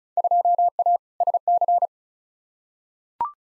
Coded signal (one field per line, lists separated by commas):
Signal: Morse code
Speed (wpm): 34 wpm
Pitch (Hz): 700 Hz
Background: none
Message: 2A SC